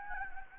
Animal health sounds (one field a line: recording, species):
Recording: mosquito wingbeat signal from an infrared sensor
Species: Anopheles gambiae